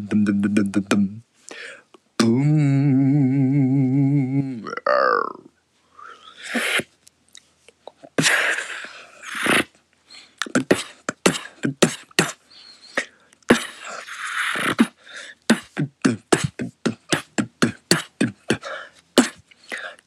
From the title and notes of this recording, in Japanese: ビートボックスパフォーマンス #ボイパ #ビトボ #ボイスパーカッション #ビートボックス #ヒューマンビートボックス。